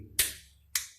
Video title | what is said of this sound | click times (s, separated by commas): TIDAK BANYAK ORANG TAU ! INILAH KELEBIHAN & KEUNIKAN PERLENGKAPAN INSTALASI LISTRIK DARI PANASONIC | pressing the white part of the switch or socket like this and pressing it until there is a clicking sound of the | 0.2 s